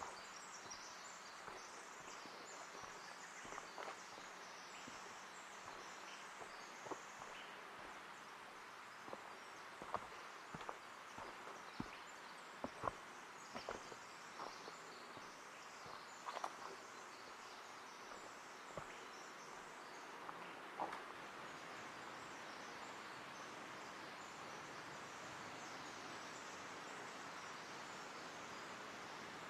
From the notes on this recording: Ancient Forest Preserve, a 40 acre non-contiguous annex to the 5200 acre Forest Park of Portland, Oregon